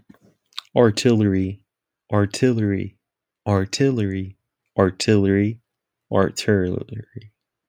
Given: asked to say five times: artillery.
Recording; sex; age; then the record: repeated word; male; 20 to 29 years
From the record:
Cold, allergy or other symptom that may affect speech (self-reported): no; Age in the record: 28 years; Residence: California, United States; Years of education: 16